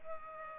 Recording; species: mosquito wingbeat signal from an infrared sensor; Culex pipiens